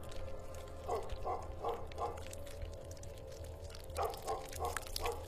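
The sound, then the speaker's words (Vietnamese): Wet, smacking chewing at the foot of a bed at night, in two short runs of about four rhythmic squelches each, separated by a pause, over a low steady background hum. “Bỗng đâu ở ngay cuối giường chợt phát ra âm thanh cứ nhóp nha nhóp nhép.”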